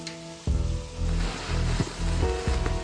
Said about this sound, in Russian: Тихо, слышите? Что? Дождь еще льет, а с потолка не капает.